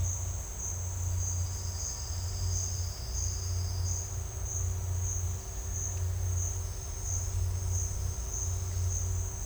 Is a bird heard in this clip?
no